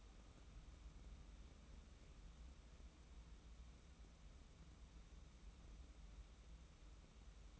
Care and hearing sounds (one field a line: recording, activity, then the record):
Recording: daily activity, microphone in the room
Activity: wipe stove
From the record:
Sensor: 1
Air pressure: 994.5 hPa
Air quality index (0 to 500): 232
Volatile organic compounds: 1000 ppm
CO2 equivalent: 8353 ppm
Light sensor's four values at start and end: 138/317/141/154 and 135/311/138/151